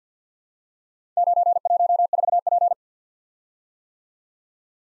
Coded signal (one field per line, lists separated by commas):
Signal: Morse code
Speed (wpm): 48 wpm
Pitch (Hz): 700 Hz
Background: none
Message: 914P